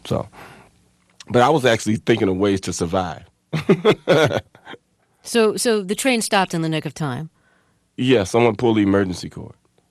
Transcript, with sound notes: so - but I was actually thinking of ways to survive (laughter).
So the train stopped in the nick of time?
Yeah, someone pulled the emergency cord.